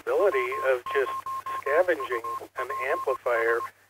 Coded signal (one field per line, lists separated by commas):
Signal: Morse code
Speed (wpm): 20 wpm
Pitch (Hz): 1060 Hz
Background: speech, radio noise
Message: W0UPS